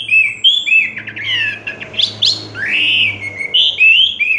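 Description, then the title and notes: Orange-headed thrush singing a loud varied warble of slurred whistles and rising sweeps. Anis merah song in the 'teler' style, with a clear voice. "Anis Merah Teler Suara Jernih. suara anis merah"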